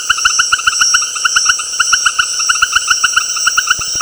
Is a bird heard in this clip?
no